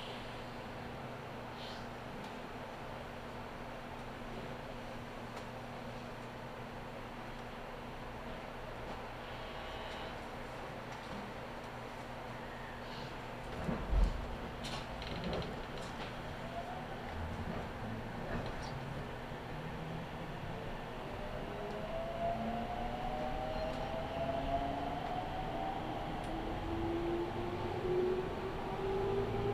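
A Chuo West Line local train rides from Nagoya toward Kozoji: a steady low rumble with a constant hum fills the first half. Around 14 seconds a sharp knock breaks in, followed by clattering, and from about 20 seconds rising motor whines climb as the train gathers speed.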